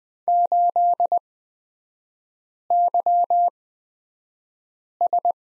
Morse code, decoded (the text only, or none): 8YS